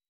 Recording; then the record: hydrophone in a shrimp aquaculture tank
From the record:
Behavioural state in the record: weakened